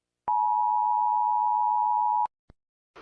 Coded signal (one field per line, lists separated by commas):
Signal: Emergency Alert System (SAME) tones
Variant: 853 and 960 Hz attention tone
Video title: Eas scenario 4 the feathery massacre Part 1